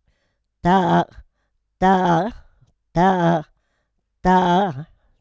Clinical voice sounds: repeated syllable /ta/; female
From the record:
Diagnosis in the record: Parkinson's disease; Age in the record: 78 years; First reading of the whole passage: 164 s, 3.2 characters per second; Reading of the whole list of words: 108 s, 2.6 characters per second

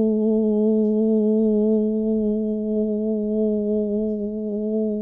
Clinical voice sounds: sustained vowel /u/; female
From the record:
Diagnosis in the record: Parkinson's disease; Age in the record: 80 years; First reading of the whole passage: 169 s, 3.1 characters per second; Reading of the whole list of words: 101 s, 2.8 characters per second

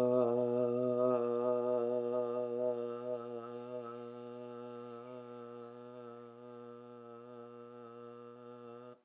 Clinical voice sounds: sustained vowel /a/; male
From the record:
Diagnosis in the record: healthy control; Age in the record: 68 years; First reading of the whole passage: 59 s, 8.4 characters per second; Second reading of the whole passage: 56 s, 8.8 characters per second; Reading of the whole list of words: 34 s, 8.3 characters per second

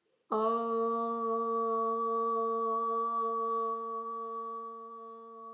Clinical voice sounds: sustained vowel /o/; female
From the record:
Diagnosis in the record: healthy control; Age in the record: 61 years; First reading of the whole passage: 67 s, 7.7 characters per second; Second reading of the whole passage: 54 s, 9.6 characters per second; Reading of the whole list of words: 44 s, 6.4 characters per second

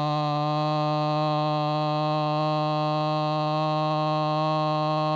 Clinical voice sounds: sustained vowel /o/; male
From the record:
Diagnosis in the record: Parkinson's disease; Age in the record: 75 years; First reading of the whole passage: 62 s, 8.3 characters per second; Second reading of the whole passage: 57 s, 9.2 characters per second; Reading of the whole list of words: 53 s, 5.3 characters per second

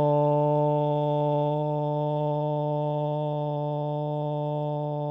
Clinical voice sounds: sustained vowel /o/; male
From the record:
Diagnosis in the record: Parkinson's disease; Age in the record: 70 years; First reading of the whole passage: 112 s, 4.6 characters per second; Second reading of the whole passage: 107 s, 4.9 characters per second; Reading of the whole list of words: 68 s, 4.1 characters per second

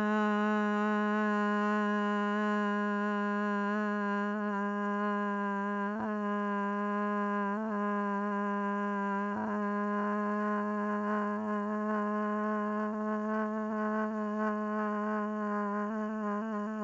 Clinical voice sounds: sustained vowel /a/; female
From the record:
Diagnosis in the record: Parkinson's disease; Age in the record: 67 years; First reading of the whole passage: 79 s, 6.5 characters per second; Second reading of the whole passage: 74 s, 7.0 characters per second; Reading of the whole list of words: 72 s, 3.9 characters per second

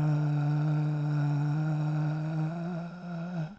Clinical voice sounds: sustained vowel /a/; male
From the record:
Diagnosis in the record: Parkinson's disease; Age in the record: 65 years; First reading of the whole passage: 164 s, 3.2 characters per second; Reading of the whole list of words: 151 s, 1.9 characters per second

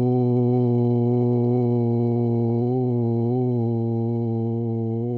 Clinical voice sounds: sustained vowel /u/; male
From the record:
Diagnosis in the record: Parkinson's disease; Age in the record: 71 years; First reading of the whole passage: 50 s, 10.4 characters per second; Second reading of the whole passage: 45 s, 11.4 characters per second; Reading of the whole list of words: 37 s, 7.6 characters per second

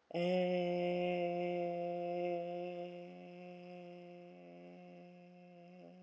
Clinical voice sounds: sustained vowel /e/; female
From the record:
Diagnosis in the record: healthy control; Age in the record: 63 years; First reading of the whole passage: 70 s, 6.7 characters per second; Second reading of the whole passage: 71 s, 6.6 characters per second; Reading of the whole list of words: 45 s, 6.3 characters per second

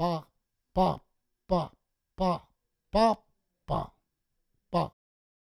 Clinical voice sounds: repeated syllable /pa/; male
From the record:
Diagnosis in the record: Parkinson's disease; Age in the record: 68 years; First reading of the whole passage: 84 s, 6.2 characters per second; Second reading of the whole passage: 63 s, 8.2 characters per second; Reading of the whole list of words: 57 s, 5.0 characters per second

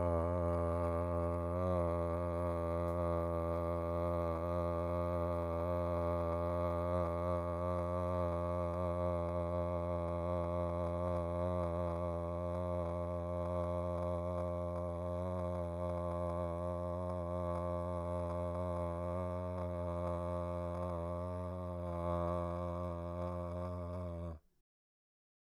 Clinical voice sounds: sustained vowel /a/; male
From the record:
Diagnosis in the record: Parkinson's disease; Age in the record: 65 years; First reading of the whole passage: 52 s, 9.9 characters per second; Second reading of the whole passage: 50 s, 10.3 characters per second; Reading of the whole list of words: 40 s, 7.0 characters per second

